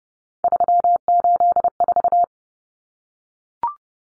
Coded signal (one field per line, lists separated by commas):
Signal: Morse code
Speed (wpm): 30 wpm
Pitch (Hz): 700 Hz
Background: none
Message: 384